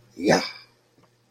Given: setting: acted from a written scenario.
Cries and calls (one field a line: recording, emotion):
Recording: vocal sound without words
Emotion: pride